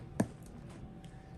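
A nurse holds the side tabs of a plastic inner cannula and pushes it into a tracheostomy tube. A single sharp, short click sounds at 0.2 s, followed by a few much fainter ticks against low background noise. The inner cannula is seated in the tracheostomy tube.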